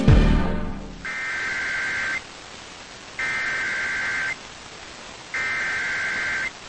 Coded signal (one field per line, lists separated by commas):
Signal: Emergency Alert System (SAME) tones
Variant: header bursts